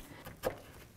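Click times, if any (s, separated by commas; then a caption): none. The locking tab on the fuel pump connector of a 1984-2001 Jeep Cherokee is handled as it is pushed in after the connector is mated. A soft rustle is followed by a brief, sharper handling noise at about 0.5 s. Nothing has seated or clicked yet.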